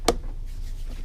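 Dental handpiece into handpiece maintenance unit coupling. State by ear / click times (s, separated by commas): seated / 0.1 s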